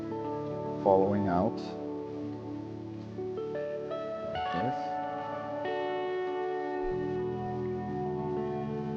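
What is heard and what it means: On a BMW E28 535i inline-six engine being assembled, a spring ring part, likely the oil ring expander, is slid gently into a piston ring groove while someone talks over background music. The clip ends before the part goes home, so nothing has seated or clicked yet.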